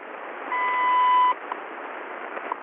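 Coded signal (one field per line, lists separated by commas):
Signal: radio time signal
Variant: WWV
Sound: a 0.8-second steady 1 kHz beep, then radio hiss with a faint tick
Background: radio static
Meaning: The 0.8-second 1000 Hz tone marks the start of a new minute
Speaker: this is how wwv sounded at station kda tte on five megahertz at 7 10 am local time on october 25 2020 hours 10 minutes coordinated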